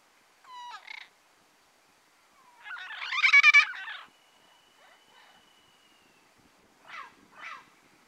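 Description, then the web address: Turquoise-fronted amazon giving harsh, raspy squawks: a short call, then a louder rolling burst of grating notes, a thin sustained tone, and two final downslurred squawks. Pantanal, Brazil. "sescpantanal. Papagaio verdadeiro"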